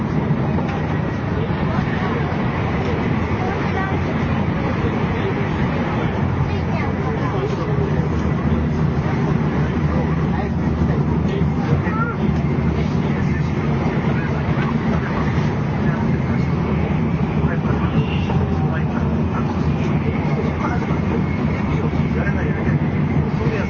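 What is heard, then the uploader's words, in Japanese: Inside a JR N700 series Shinkansen running from Kyoto to Shin-Yokohama, a dense, steady low rumble and hiss of the moving train fills the whole time at an even level. Faint voices murmur underneath, and a low hum firms up after about seven seconds. JRN700系 京都〜新横浜。ひかり530号に乗車し、録音しました。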